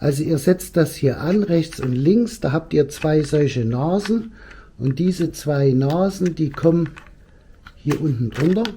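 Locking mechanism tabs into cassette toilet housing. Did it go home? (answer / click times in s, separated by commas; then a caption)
no / none. A new plastic locking mechanism for a Thetford C250/C260 cassette toilet is handled and fitted on the right and left, with its two retaining tabs about to go under the housing edge. Someone talks throughout, with only faint handling noise in the pauses. Nothing has seated or clicked yet.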